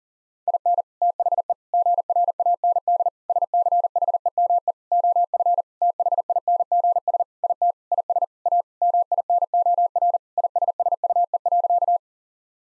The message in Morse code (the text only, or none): IN THE GRAND SCHEME OF THINGS IT IS A MINOR ISSUE.